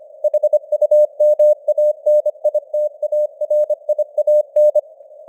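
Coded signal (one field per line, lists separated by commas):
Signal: Morse code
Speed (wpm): 25 wpm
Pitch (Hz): 600 Hz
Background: none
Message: HUMANITARIAN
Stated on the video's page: Morse news headlines at 25 wpm with simulated radio noise and fading (QSB).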